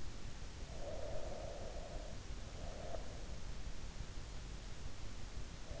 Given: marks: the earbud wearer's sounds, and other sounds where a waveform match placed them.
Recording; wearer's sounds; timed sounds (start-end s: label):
sounds in sleep by an in-ear microphone; breath
0.58-3.22 s: breath